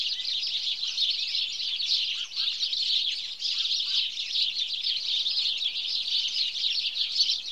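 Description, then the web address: House sparrow flock calling, continuous overlapping chirps throughout. "The BBC Sound Effects Library. Birds. House Sparrow (Passer Domesticus)"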